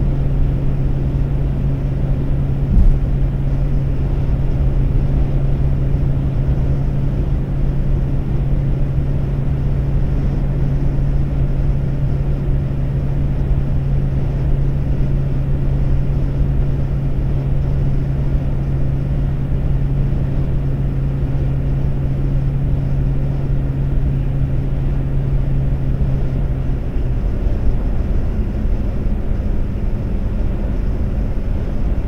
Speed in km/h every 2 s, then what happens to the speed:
138, 138, 138, 138, 138, 138, 138, 138, 138, 138, 138, 138, 140, 140, 140, 140.
0-32 steady at about 138.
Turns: none.